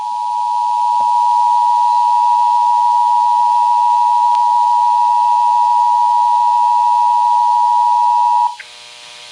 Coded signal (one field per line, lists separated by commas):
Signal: Emergency Alert System (SAME) tones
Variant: 853 and 960 Hz attention tone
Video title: The Weekend Relays (EAS #224-227)